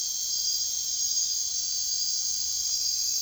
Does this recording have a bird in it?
no